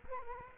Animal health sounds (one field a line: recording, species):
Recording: mosquito wingbeat signal from an infrared sensor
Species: Culex quinquefasciatus